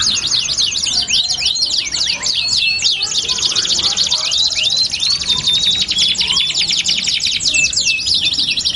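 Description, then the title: Belgian canary song, fast high trills and rolling rattles that blend into a steady buzzing series, with overlapping singers throughout. Belgian canary song used to warm up canaries and prompt them to sing along within seconds. "Canto Para Esquentar Canário Belga. LANGSUNG NYAUT. Pancingan suara kenari hitungan detik langsung ikut bunyi"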